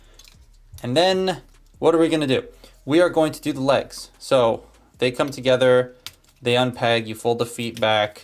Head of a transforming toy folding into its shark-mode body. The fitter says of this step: Then I'm just going to fold the head in until it clicks.